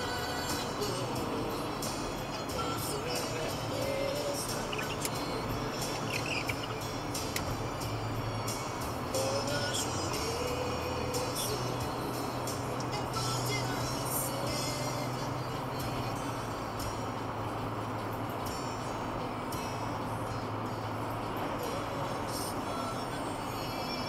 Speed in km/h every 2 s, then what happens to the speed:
107, 108, 109, 110, 112, 114, 115, 114, 115, 116, 116, 116.
0-24 steady at about 114.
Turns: none.